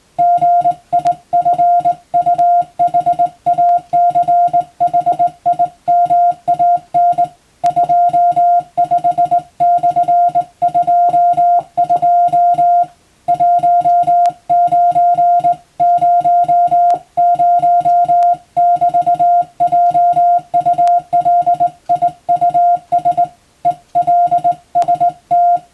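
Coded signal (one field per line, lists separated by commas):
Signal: Morse code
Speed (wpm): 20 wpm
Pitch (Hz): 700 Hz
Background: music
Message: GIFUHACHIMAN 25/22 1900<BT>JULIUS ELST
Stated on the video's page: Morse practice by a first-class radiotelegraph operator for the Japanese exam, Japanese Morse at 17 wpm and English at 25 wpm.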